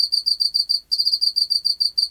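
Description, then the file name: Pacific field cricket song, a short series of evenly spaced high pulses with one tiny pause midway. "Teleogryllus oceanicus"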